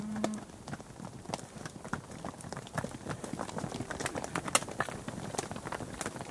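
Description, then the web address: Cattle hooves clattering on a hard road, a dense, irregular patter of many steps. Approximately 30 to 50 cattle passing on tarmac, with some wind noise; recording ends abruptly. "BBC Cattle"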